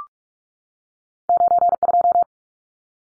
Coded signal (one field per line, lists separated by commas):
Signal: Morse code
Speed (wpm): 44 wpm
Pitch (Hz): 700 Hz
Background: none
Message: 92